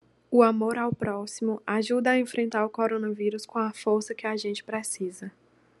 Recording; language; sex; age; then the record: spoken sentence; Brazilian Portuguese; female; 20 to 29 years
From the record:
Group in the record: control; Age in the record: 20 years